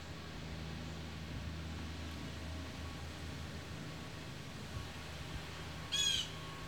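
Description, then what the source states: Blue jay giving one short harsh call near the end, a bright squawk with stacked harmonics, over steady low wind rumble. Recorded in autumn, October, in wind.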